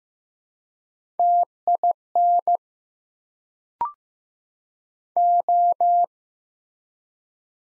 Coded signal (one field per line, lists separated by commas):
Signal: Morse code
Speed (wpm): 15 wpm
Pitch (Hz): 700 Hz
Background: none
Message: TIN O